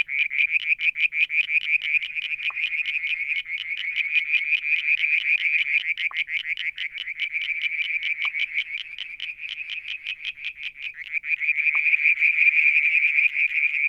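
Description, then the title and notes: Frog calling in loud, rapid high pulses running nonstop, punctuated by a few soft lower knocks. Striped marsh frog, Verreaux's tree frog and an unidentified frog calling one evening near a water tank, Mount Wilson, New South Wales, Australia, July 2022. "Frog song, Mount Wilson, New South Wales, Australia in July 2022 – by Alexander Moffatt. Limnodynastes Peronii, Litoria Verreauxii and a mystery frog one evening near the water tank"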